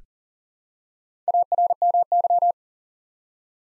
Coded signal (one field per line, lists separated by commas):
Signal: Morse code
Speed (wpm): 42 wpm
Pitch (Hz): 700 Hz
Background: none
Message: ARMY